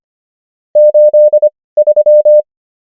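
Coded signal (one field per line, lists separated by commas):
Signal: Morse code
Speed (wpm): 25 wpm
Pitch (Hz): 600 Hz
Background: none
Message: 83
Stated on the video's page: Morse code practice of numbers at 25 wpm character speed and 18 wpm word speed, Farnsworth spacing.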